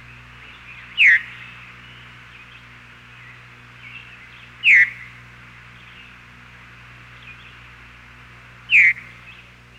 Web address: 101 Bird Songs. Veery